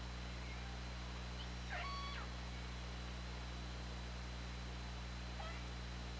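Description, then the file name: Killer whale calls, a stacked harmonic call near two seconds and a brief pulsed sound later, over constant hum and hiss. OrcaLab hydrophone recording, 24 August 2017, 20:21:32. "Orca Lab JASON 20170824 202132"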